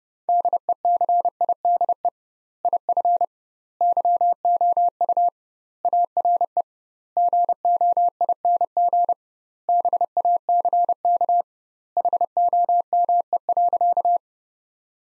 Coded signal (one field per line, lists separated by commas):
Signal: Morse code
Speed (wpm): 32 wpm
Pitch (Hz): 700 Hz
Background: none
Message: DECIDE IF YOU ARE GOING BACK HOME.